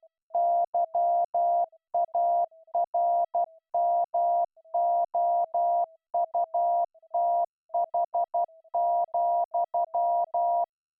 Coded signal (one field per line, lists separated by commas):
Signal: Morse code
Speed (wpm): 12 wpm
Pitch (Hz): 690 Hz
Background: none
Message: YARMOUTH,